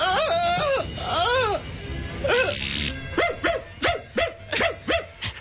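A dog lets out a few drawn-out, wavering high whines, then a quick run of about eight sharp, high-pitched yapping barks in a steady rhythm.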